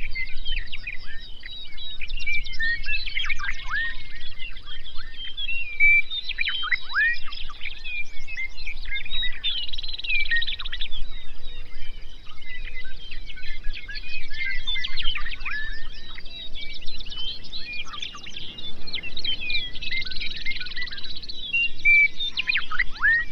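A prairie dawn chorus of many birds singing at once, a dense, continuous tangle of bright chirps, trills and quick downward whistles throughout. A low, steady rumble sits underneath the whole time, with a few short tonal calls rising briefly above the mix.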